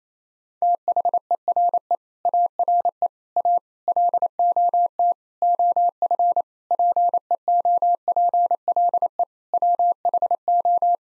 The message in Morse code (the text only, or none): THERE ARE A LOT OF PEOPLE WHO